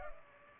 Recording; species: mosquito wingbeat signal from an infrared sensor; Culex pipiens